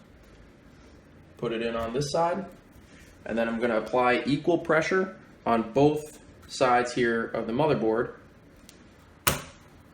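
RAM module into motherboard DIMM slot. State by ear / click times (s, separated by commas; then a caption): seated / 9.3 s. Someone talks while a DDR4 memory stick is lined up on the fixed side of a motherboard DIMM slot and then pressed down with equal pressure on both ends. A sharp latch click sounds at 9.3 s as the RAM stick seats in the slot.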